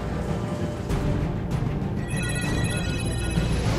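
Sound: mobile phone ringing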